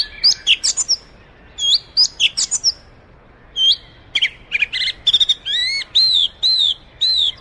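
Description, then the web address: Song thrush singing short varied phrases of whistled and twittering notes, some motifs repeated several times, with brief pauses between phrases. "birdsong Song Thrush"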